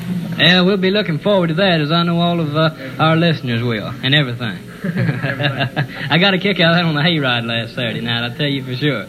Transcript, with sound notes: Yeah, we'll be looking forward to that as I know all our listeners will and everything. (both laughing) I got a kick out of that on the Hayride last Saturday night, I'll tell you for sure.